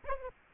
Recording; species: mosquito wingbeat signal from an infrared sensor; Aedes aegypti